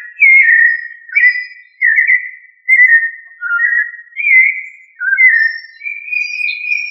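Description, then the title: Thrush singing a string of fluted, whistled phrases that slide down and up, each under a second, ending on a sustained higher whistle; no other sounds stand out. "Familia Turdidae - Sabia"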